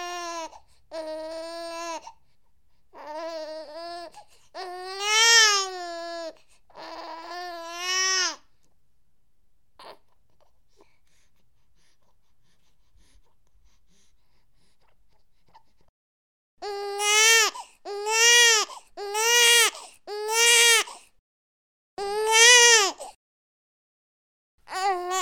Newborn baby cry.